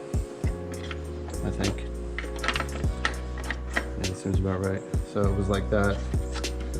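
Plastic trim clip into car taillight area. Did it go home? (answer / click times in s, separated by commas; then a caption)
no / none. A plastic trim clip piece is handled into the taillight area of a coupe during installation of aftermarket taillights, with music playing and someone talking. Short handling taps and knocks are heard, the sharpest near 3.1 s. Nothing has seated or clicked yet when the clip ends.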